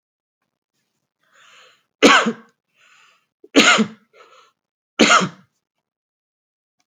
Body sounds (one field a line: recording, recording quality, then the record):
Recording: heavy voluntary cough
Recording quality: excellent, no background noise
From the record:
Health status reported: healthy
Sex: male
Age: 30 years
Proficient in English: yes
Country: India